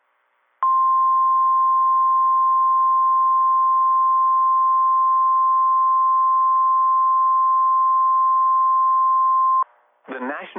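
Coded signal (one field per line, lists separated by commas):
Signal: Emergency Alert System (SAME) tones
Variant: 1050 Hz attention tone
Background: speech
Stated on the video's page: EAS alerts from one severe weather day, including a PDS Tornado Warning in the Indianapolis coverage area.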